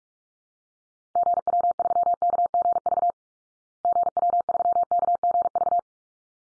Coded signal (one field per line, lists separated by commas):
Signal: Morse code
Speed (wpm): 44 wpm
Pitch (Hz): 700 Hz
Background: none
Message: GW3KGV GW3KGV